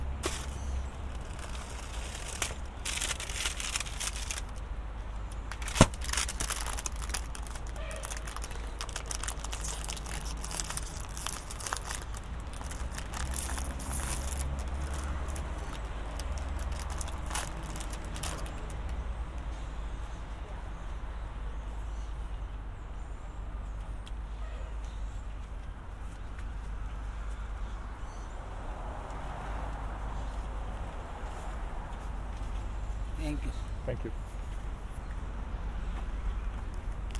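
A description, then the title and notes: A walk through Central Park near 72nd Street, carried by a steady low traffic rumble throughout. Faint voices and scattered footstep-like clicks come and go, with a sharp knock near six seconds; the first twenty seconds are busier and brighter before the scene settles. Walk through Central Park. A walk from east to west across central park around 72nd street.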